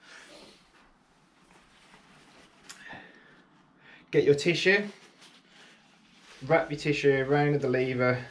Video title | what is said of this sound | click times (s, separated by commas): Top Tips - Quick “PRO” Bleed with Shimano Brakes | just put your stuff inside and give it a good press it should click into place | 2.7 s